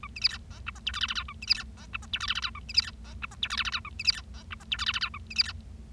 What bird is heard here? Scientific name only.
Lonchura striata domestica